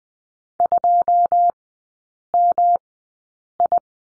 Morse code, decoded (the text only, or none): 2MI